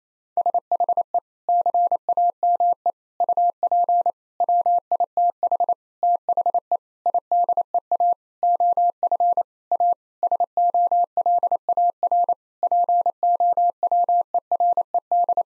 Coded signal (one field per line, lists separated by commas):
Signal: Morse code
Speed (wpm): 28 wpm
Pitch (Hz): 700 Hz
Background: none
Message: SHE CAME UP WITH THE IDEA OF A SOLAR POWERED